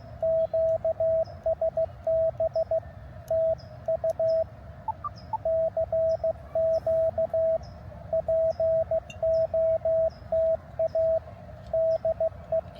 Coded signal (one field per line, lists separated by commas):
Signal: Morse code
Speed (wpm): 15 wpm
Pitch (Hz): 660 Hz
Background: radio noise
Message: QSB TU CQ POTA DE